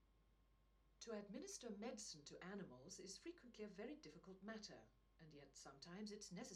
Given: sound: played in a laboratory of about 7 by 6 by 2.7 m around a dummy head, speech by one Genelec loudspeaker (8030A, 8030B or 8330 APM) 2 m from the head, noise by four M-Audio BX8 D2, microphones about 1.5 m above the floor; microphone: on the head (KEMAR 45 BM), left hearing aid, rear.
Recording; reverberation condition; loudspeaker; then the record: female speech in English; low; 30 degrees to the left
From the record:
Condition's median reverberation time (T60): about 310 ms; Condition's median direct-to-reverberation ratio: about 3.5 dB